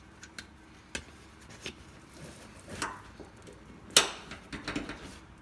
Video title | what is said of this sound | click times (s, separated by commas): How To Install A Car Seat In Two Cars A Decade Apart In Age | heard both clips so it's | 0.9 s, 4.0 s